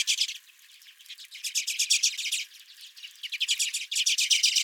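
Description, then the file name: Redpolls calling, dense dry chattering trills in bursts with a short quieter gap near the middle. Redpolls at the recordist's feeder. "Redpolls at My Feeder"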